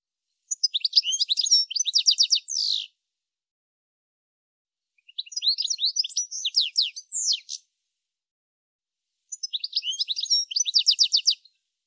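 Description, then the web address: Bird chirping in three fast, high bursts of sharp repeated notes, each burst two to three seconds long and ending in a brief buzzy tail, separated by clean silence. "Deverinetal 2025 File cleaned normalized Bird"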